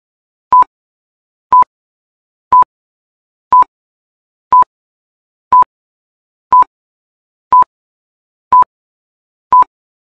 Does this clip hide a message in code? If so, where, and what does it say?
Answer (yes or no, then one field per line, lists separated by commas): no